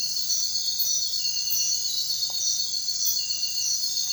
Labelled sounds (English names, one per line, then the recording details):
none
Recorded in secondary vegetation near Puerto Asís, Putumayo, Colombia, on 29 June 2025 at 04:00
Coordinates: 0.499, -76.323
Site G077